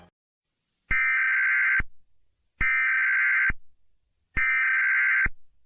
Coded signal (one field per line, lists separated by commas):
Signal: Emergency Alert System (SAME) tones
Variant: header bursts